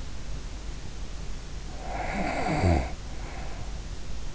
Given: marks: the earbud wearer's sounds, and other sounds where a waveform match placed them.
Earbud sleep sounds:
sounds in sleep by an in-ear microphone; snoring breath
1.36-4.11 s: snoring breath

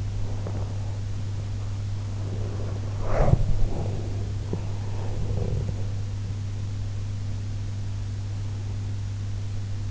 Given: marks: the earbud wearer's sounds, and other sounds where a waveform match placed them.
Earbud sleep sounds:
sounds in sleep by an in-ear microphone; body movement
0.00-8.05 s: body movement

